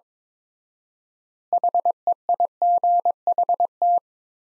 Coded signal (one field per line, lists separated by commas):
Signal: Morse code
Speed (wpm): 21 wpm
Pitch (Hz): 700 Hz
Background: none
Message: HEIGHT